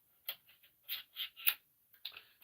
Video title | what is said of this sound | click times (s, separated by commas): Moza Aircross 2 how to balance | And you hear click. Can you hear that click? It's locked in. | 2.1 s